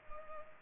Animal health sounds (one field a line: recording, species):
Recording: mosquito wingbeat signal from an infrared sensor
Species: Culex pipiens